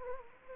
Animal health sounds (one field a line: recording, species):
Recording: mosquito wingbeat signal from an infrared sensor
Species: Anopheles gambiae